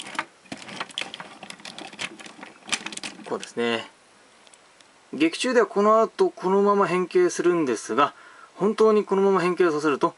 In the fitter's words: 斜めに入れてからねじりますねこれでロックがかかりますこう